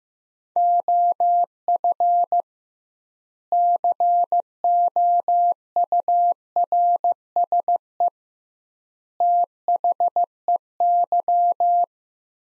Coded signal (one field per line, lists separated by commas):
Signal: Morse code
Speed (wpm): 15 wpm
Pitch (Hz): 700 Hz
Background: none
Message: OF COURSE THEY